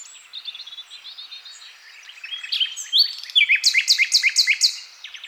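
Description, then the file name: Common nightingale song: soft twittering that builds into loud, sharply repeated notes delivered in quick succession, then fading. "Luscinia megarhynchos"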